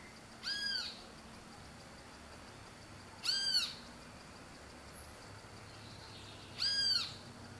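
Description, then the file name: Great kiskadee calls: three loud, harsh notes about three seconds apart, each a short burst rich in harmonics. "Pitangus sulphuratus call"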